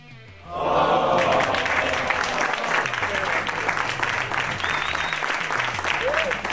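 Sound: canned applause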